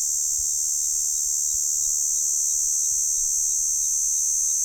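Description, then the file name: Cicada call, a steady, very high, unbroken shrill buzz that holds at constant pitch and loudness throughout, with no other clear sounds. Fish River Mouth. "P hirtipennis Fish River Mouth"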